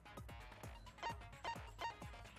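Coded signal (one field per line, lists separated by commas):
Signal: none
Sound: game power-up chime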